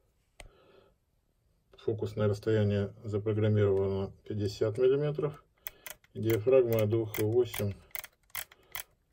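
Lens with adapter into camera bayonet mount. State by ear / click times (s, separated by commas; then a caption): seated / 0.4 s. A manual M42 lens on an M42-to-Nikon adapter with a chip is inserted into a camera's bayonet mount and turned until it locks, with a sharp click at 0.4 s as it seats. Someone then talks, and a quick series of sharp clicks follows near the end, from about 8.0 to 8.8 s.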